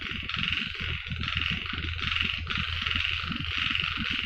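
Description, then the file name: Frogs calling in a dense chorus, a steady droning band with regularly repeating pulsed peaks, over a low rumbling background throughout. Recorded on Okinawa. "Mikhail Iliatov - Okinawa Frogs"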